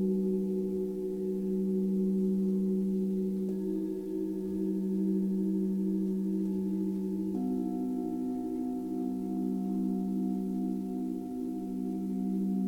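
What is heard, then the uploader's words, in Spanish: Singing bowls hum in a steady, layered drone, with new bowls joining around four and seven seconds, shifting the ringing tones upward. Un viaje entre cuencos.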